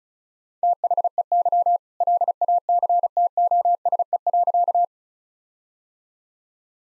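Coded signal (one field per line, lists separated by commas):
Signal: Morse code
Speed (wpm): 34 wpm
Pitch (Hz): 700 Hz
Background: none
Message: THEY LACTOSE.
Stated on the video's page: Morse code practice at 35 wpm sending all-age jokes, with context given beforehand as priming.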